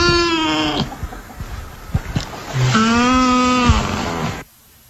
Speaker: So just for the sake of discussion, this is what a nutria sounds like.